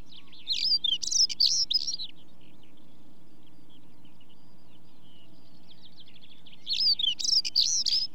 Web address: BBC Sound Effects Library Birds Stonechat, Song With Chaffinch